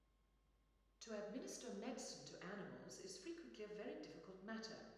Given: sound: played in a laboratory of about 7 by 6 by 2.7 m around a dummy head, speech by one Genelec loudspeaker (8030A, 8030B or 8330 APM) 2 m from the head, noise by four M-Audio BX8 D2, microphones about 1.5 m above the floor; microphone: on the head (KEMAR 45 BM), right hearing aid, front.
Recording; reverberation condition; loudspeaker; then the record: female speech in English; high; 60 degrees to the right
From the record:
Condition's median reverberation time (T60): about 1300 ms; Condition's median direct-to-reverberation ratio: about -4.0 dB